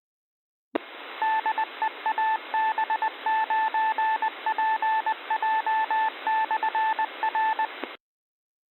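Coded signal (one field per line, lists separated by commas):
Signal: Morse code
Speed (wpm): 20 wpm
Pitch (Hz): 880 Hz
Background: none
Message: DE AB9PJ/R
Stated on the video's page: Friday night net on a Suring, Wisconsin repeater at 145.47 MHz with a 114.8 Hz PL tone, received in Green Bay.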